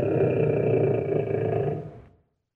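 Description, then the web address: Lion, a single sustained gravelly roar that holds steady for about one and a half seconds and then fades out into silence. "Madacy Music Group Inc 292 Sound Effects. Lion"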